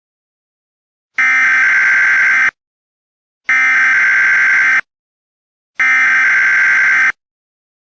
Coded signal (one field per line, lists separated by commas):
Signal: Emergency Alert System (SAME) tones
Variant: header bursts